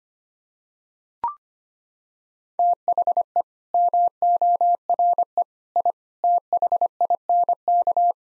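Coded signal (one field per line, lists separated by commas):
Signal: Morse code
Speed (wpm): 25 wpm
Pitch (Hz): 700 Hz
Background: none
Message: THE MORE I THINK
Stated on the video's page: Morse head-copy drill of common nine-word English groups at 25 wpm.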